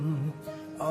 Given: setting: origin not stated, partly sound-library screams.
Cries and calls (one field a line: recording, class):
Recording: one-second piece from a danger detection set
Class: normal situation